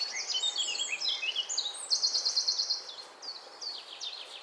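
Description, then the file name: Eurasian blackcap song: a quick jumble of high twittering notes leading into a loud, rapid, pulsing trill, then softer scattered chirps. "Sylvia atricapilla"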